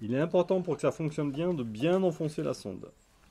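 Someone talks while the plug of a temperature probe is being pushed firmly into the waterproof socket of an Inkbird IBT-4XC wireless thermometer, a socket that sits under a small protective cover. The talking ends around 2.9 s, followed by near-silence. The plug has not yet seated or clicked into the jack.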